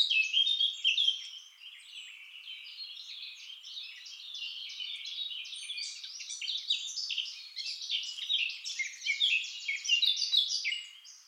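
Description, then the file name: Eurasian blackcap song: a long, unbroken chattery warble of rapid high notes, loudest at the start and again near the end. "Sylvia atricapilla"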